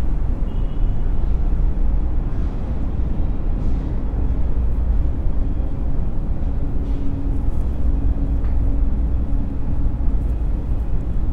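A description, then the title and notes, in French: An urban soundscape dominated by a steady, dense low rumble of traffic that holds an even level throughout. Faint brighter sounds flicker above it, including a thin tone around half a second and short clicks or knocks near 2.5, 4 and 7 seconds. 20 étages au-dessus de l'effervescence du paysage urbain. Une toile de sons qui créent un apaisant bruit brunien. Paysage sonore urbain.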